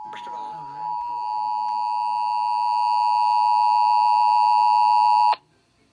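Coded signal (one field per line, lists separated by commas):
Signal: Emergency Alert System (SAME) tones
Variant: 853 and 960 Hz attention tone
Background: speech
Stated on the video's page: DC Required Monthly Test received on multiple radio and TV stations and HD subchannels; one station mocked Tennessee.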